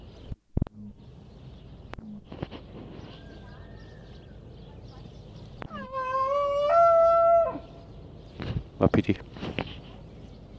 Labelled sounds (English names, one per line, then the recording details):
Wapiti
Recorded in captivity
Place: Tierpark Berlin, Berlin, DE
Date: 1964-11-10 14:00
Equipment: R 21, Vollspur
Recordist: Tembrock, Günter